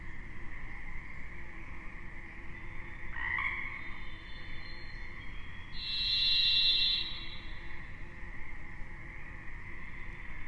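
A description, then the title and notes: Pacific chorus frogs keep up a dense, steady trill through the whole stretch, a constant bright buzzing layer. Around three seconds a short rising call cuts in, and near six seconds a louder, high, sustained whistle-like note rings out for about a second. Spring is when Olympic is at its most musical. Delight in the sounds of Pacific Chorus Frogs, the Varied Thrush, grouse, and many more.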